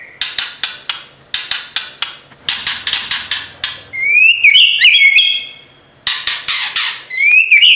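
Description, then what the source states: White-rumped shama song: sharp dry clicking notes in quick runs, then bright rising whistled phrases, a further run of clicks, and the whistles again. Training recording (masteran) of full rolling song (ngerol) in nembak style.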